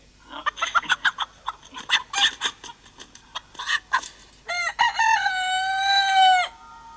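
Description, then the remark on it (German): A rooster gives a run of quick, choppy clucks, then lets out one long, loud crow with a rising start and a sustained, strained tone before it cuts off. “Könntest du ihn mal krähen lassen?”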